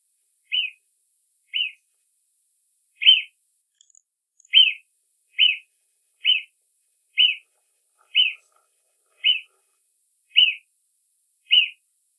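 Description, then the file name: Marmot whistling: eleven brief, shrill, high-pitched notes spaced roughly a second apart, with a few louder ones; no other sounds. Recorded in 2006. "Murmeldjur 2006"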